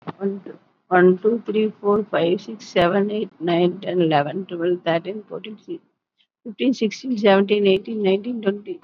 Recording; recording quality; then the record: counting at a normal pace; excellent, no background noise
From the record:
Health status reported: COVID-19 positive, mild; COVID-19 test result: positive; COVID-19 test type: RT-PCR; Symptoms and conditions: fatigue, muscle pain, hypertension, diabetes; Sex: female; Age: 67 years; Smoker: no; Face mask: not worn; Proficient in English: no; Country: India